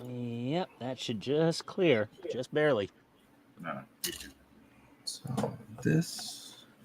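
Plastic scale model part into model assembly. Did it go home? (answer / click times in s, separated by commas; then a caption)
no / none. Someone talks while handling a plastic scale-model part being fitted into its slot on the model assembly, with soft handling noises and a sharp bump around 5.1 s. Nothing has seated or clicked yet; the clip ends before the part goes home.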